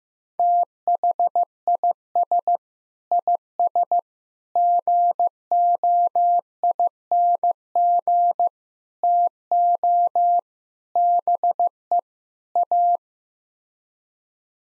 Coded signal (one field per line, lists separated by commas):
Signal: Morse code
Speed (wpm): 15 wpm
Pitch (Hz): 700 Hz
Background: none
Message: THIS IS GOING TO BE A